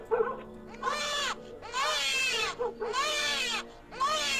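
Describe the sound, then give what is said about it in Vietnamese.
A newborn baby cries at night in four long, rising-and-falling wails, each about a second, with brief gasping pauses between them. The high, strained cries are loud and steady, with no talking. “Thế rồi có tiếng trẻ con nhà nào khóc dạ đẻ.”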